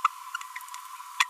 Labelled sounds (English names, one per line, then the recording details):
Green-rumped Parrotlet babbling
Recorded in a nest box in Venezuela
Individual 18B25A3